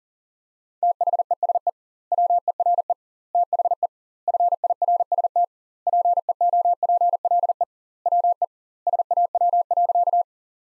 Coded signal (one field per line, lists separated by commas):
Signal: Morse code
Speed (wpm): 37 wpm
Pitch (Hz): 700 Hz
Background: none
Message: THESE WERE THE FIRST PEOPLE WE SAW.